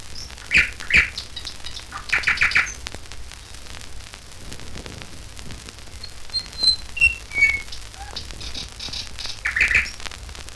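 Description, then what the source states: Nightingale song: bursts of rapid trills and chattering notes alternating with single clear whistles and quiet pauses, under constant background hiss. Recorded in nature.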